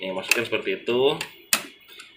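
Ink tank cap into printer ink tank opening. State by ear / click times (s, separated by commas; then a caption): seated / 1.5 s. Someone talks as the rubber/plastic ink tank cap of an Epson L3210 EcoTank printer is pushed back into the ink tank opening after refilling, so it won't leak. A sharp click is heard at 1.5 s as the cap seats shut.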